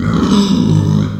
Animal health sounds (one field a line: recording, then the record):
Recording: squeal of a Yucatan mini pig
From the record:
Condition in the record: after surgery on the right vocal fold (resection and tissue-engineered implant)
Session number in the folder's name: 13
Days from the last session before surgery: 113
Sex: female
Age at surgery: 19 weeks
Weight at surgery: 25 kg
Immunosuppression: prednisolone